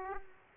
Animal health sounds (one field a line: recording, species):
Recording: mosquito wingbeat signal from an infrared sensor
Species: Aedes aegypti